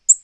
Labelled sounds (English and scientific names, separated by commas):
Black-throated Green Warbler (Setophaga virens) flight call